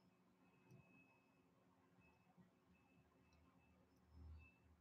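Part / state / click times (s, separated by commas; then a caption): differential cover onto RC axle housing / not seated / none. A plastic differential cover, which takes four long screws, is handled against the axle housing of a WPL-C14 RC truck kit. Faint ticks and light handling noise are heard, with a soft low thump around 4.3 seconds. The cover has not snapped into place yet, and nothing has seated or clicked.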